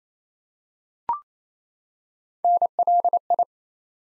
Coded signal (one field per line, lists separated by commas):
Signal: Morse code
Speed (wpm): 29 wpm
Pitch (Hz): 700 Hz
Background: none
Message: NLI